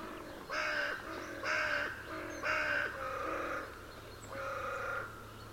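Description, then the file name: Carrion crow giving harsh, hoarse caws in a rapid run of several, over a faint steady low hum. "Corvus corone"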